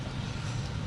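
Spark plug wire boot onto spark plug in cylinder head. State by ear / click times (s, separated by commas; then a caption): not seated / none. A rubber spark plug wire boot is handled in the plug well of the cylinder head of a 2010 Subaru Forester. Only a steady, low rumbling broadband noise is heard. Nothing has seated or clicked onto the spark plug yet.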